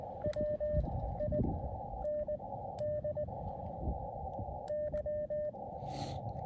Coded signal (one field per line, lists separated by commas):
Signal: Morse code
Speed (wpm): 19 wpm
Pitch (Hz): 600 Hz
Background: radio noise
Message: WINDY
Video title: KD2YDN activates W2/EH-003. SOTA/POTA QRP. 1 pt, a lot of DX.